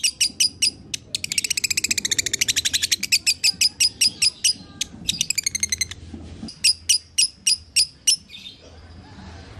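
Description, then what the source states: Lovebird chattering song: long rapid series of high, sharp chirps, some bursts blurring into buzzy trills, repeated almost without pause, ending in brief quiet. Lovebird in the 'konslet' song style, used as a masteran tutor for training other birds.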